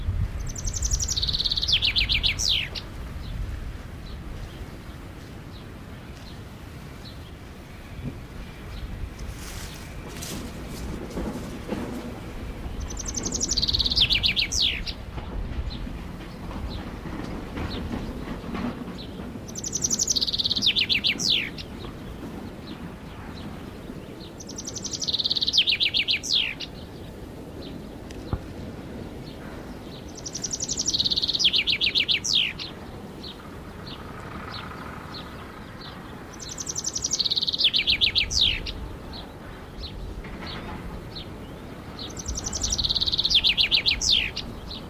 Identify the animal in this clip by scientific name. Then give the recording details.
Fringilla coelebs. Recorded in the wild. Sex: male. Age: adult. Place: Berlin, OT Blankenfelde, Berlin, DE. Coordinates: 52.6167, 13.3833. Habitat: heath. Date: 1988-04-30 10:49. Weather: sunny, 16-20°C. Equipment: Nagra SN, Kopie Tesla B 116. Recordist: Tembrock, Günter